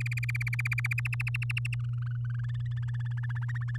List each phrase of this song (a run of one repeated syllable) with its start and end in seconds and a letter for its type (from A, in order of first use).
0.00-1.00 A, 1.05-1.75 B, 1.79-2.84 C, 2.88-3.77 D